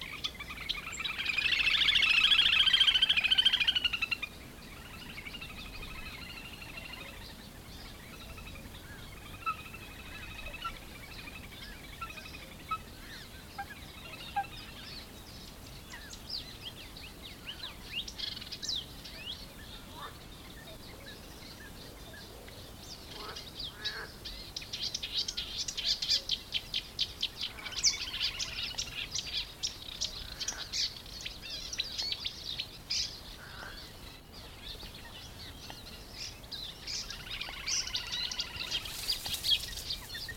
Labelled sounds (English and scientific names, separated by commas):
Eurasian Reed Warbler (Acrocephalus scirpaceus)